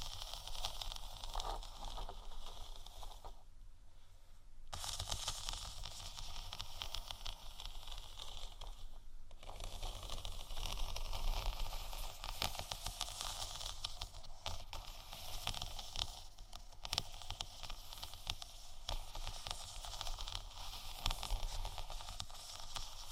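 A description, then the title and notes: Gentle scratching on faux leather fills the clip, a dense, dry rustle with a crisp bright edge and a soft low rumble underneath. Short pauses break it near 4 and 9 seconds, and a few sharper taps stand out around 14, 16 and 22 seconds. ASMR Gentle Faux Leather Scratching & Tapping（No Talking）.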